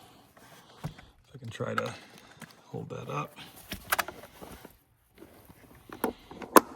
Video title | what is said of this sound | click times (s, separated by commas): How to Install Forward Facing Car Seat in Truck - Baby Jogger City Turn | Okay, hear that click into place. | 6.6 s